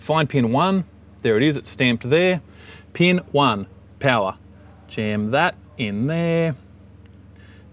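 A crimped power wire terminal is being handled at pin 1 of a plastic GPS speed sensor connector housing while a man talks. The terminal has not clicked or seated in the housing yet.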